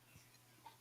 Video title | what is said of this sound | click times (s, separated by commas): Panfish Nation 115 Panfish Rigs | see that just kind of popped on me I don't know if you guys heard it and then you cut your your tag ends off uh | 0.7 s